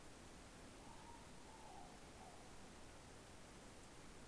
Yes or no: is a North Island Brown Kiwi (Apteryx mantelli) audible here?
no